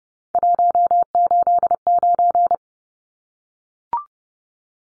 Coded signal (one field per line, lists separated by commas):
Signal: Morse code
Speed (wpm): 30 wpm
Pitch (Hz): 700 Hz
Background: none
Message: 189